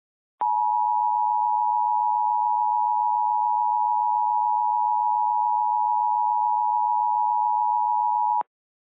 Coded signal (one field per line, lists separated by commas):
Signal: Emergency Alert System (SAME) tones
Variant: 853 and 960 Hz attention tone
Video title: EAS MOCK #9: A Normal Required Monthly Test